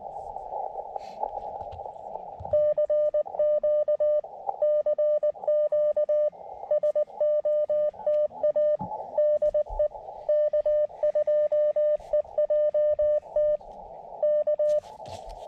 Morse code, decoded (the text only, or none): CQ CQ SOTA DE K2EJT K